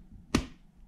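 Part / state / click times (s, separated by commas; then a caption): smoke alarm head into its ceiling mounting base / seated / 0.4 s. A smoke alarm head, lined up with the mark on a flat-mounted ceiling base, is given a firm twist until it locks. A single sharp, solid click with a brief low thump sounds at 0.4 s and fades quickly against a quiet background. The alarm head is seated in its ceiling mounting base.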